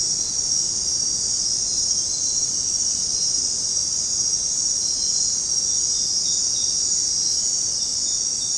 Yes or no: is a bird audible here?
no